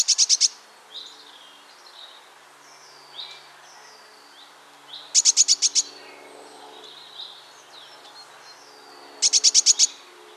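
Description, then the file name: Eurasian blue tit giving bursts of fast, high-pitched repeated ticks, three bursts spaced about four to five seconds apart, with soft thin notes in between. "Cyanistes caeruleus"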